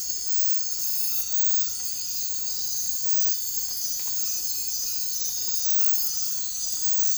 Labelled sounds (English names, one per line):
none